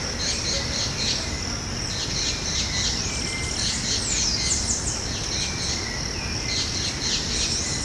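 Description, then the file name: Southern house wren song: rapid, jumbled trilled phrases with sharp descending notes, sung nearly continuously against a constant high buzzing hum and low rumble. Recorded at Ibirapuera Park, São Paulo, Brazil. "Troglodytes-musculus-Ibirapuera Park-SP-Brazil-30-10-12-ASilveira"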